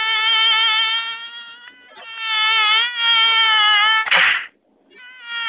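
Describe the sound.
Mosquito whine, a steady thin buzzing drone with gentle pitch wobble, twice sustained, then cut by a brief hissing burst before resuming.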